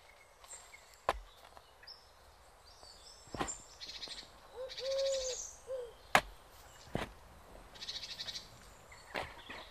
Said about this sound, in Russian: Раскладная лопата ударила в землю в последний раз, и большой ком земли упал на горку, состоящую из земли и камней, которая выросла на месте широкой могилы с четырьмя телами.